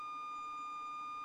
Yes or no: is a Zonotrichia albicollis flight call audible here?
no